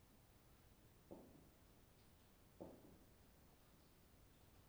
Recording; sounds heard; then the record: poultry house recording; no chicken sound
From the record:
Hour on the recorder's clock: 22